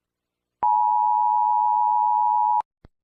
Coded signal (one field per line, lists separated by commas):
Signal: Emergency Alert System (SAME) tones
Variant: 853 and 960 Hz attention tone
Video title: Bonaire Eas Alarm 1977